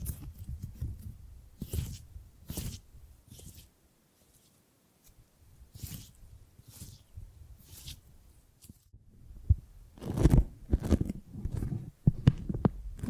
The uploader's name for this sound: Tingly Gripping and Grabbing Sounds